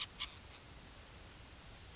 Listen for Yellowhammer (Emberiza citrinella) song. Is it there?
no